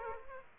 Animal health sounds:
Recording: mosquito wingbeat signal from an infrared sensor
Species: Aedes aegypti

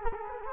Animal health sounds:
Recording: mosquito wingbeat signal from an infrared sensor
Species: Culex quinquefasciatus

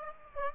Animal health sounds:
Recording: mosquito wingbeat signal from an infrared sensor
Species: Aedes aegypti

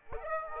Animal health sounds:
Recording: mosquito wingbeat signal from an infrared sensor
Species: Aedes aegypti

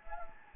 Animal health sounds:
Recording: mosquito wingbeat signal from an infrared sensor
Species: Anopheles gambiae

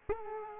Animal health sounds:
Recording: mosquito wingbeat signal from an infrared sensor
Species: Culex quinquefasciatus

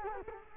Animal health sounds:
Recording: mosquito wingbeat signal from an infrared sensor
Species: Culex quinquefasciatus

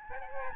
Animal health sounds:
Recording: mosquito wingbeat signal from an infrared sensor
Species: Aedes albopictus

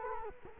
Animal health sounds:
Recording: mosquito wingbeat signal from an infrared sensor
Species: Culex quinquefasciatus

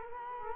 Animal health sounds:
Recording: mosquito wingbeat signal from an infrared sensor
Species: Culex quinquefasciatus

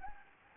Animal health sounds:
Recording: mosquito wingbeat signal from an infrared sensor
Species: Anopheles gambiae

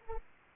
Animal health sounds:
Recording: mosquito wingbeat signal from an infrared sensor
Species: Anopheles arabiensis

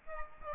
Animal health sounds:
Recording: mosquito wingbeat signal from an infrared sensor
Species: Aedes albopictus

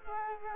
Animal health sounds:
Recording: mosquito wingbeat signal from an infrared sensor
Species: Culex quinquefasciatus

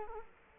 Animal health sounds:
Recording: mosquito wingbeat signal from an infrared sensor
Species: Culex quinquefasciatus

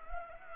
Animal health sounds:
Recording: mosquito wingbeat signal from an infrared sensor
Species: Culex pipiens

